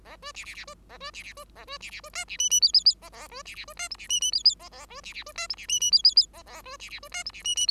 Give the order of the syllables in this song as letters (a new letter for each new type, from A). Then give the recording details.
A B C C C B A B C C B A B C C B D C E E F F F A A B C C B D G C E E F F A A B C C B D G C E E F F F A A B C C B D G C E E. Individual Bird5